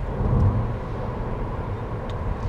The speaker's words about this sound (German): Das Auto läuft ruhig in der menschenleeren Gegend. Wir sind hier auf dem Land, da passiert nicht viel.